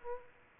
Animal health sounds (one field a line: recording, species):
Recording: mosquito wingbeat signal from an infrared sensor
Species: Aedes aegypti